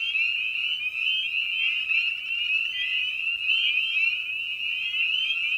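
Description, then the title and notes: Many spring peepers calling together, their piercing upslurred peeps overlapping into a continuous high-pitched chorus. Evening at a frog pond; presented in a modified format intended as a sleep aid. "Episode 5: Night of the Peepers. frog pond. Spring Peeper (Pseudacris crucifer). Ian Carlsen"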